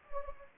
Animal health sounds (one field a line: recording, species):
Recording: mosquito wingbeat signal from an infrared sensor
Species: Anopheles gambiae